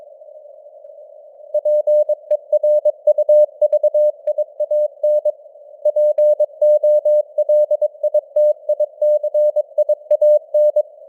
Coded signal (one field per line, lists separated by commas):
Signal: Morse code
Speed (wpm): 22 wpm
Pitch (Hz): 600 Hz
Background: none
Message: PERUVIAN POLITICIAN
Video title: Morse Code News | 2025-10-31 | 22wpm